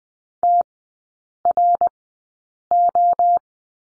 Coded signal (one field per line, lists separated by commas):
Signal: Morse code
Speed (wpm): 20 wpm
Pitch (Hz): 700 Hz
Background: none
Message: TRO